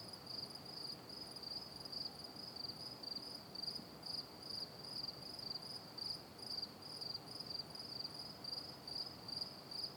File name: Ambiance Nature Night Cricket Calm Loop Stereo